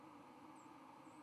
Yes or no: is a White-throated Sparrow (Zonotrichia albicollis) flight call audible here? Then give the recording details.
no. Another species' flight call is heard. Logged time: 10:06 on 31 October 2014